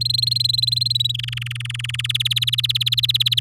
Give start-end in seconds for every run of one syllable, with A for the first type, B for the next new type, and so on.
0.01-1.12 A, 1.14-2.07 B, 2.09-3.40 C